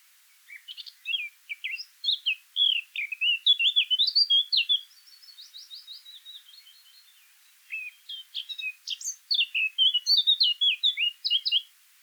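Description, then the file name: Eurasian blackcap singing a long rapid warble of varied chirps and trills, dropping to a quieter chattering stretch before a bright burst of notes resumes. "Sylvia atricapilla"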